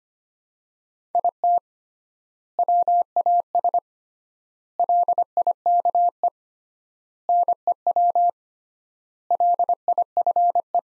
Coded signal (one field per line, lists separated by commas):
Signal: Morse code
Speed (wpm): 25 wpm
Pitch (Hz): 700 Hz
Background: none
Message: IT WAS LIKE NEW LIFE